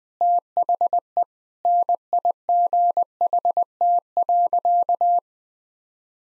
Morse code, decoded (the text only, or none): THE NIGHT.